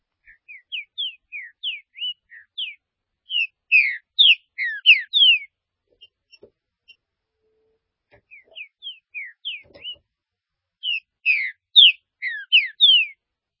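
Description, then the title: Green-winged saltator song: a long run of short whistled notes leading into louder slurred phrases, repeated after a pause, with a few soft clicks between phrases. "Trinca Ferro"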